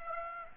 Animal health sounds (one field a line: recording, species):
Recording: mosquito wingbeat signal from an infrared sensor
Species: Aedes aegypti